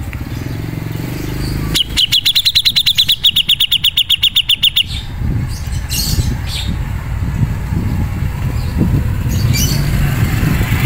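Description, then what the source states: Grey-cheeked bulbul chattering: a fast run of sharp, clicky high notes lasting about three seconds, then a steady low rumble of background noise with faint chirps. Masteran (tutor) recording of the cucak jenggot, used as training audio for caged birds.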